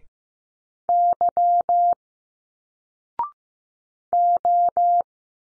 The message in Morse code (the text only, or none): Y O